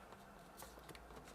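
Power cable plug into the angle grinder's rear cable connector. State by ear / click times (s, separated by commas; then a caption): not seated / none. The detachable power cable plug of a Parkside PPWS 125 A1 Performance angle grinder is handled at the connector on the back of the grinder, where it is pushed in and then turned to the right to lock. Quiet handling noise is heard, with two brief taps around 0.9 s and 1.0 s. Nothing has seated or locked yet.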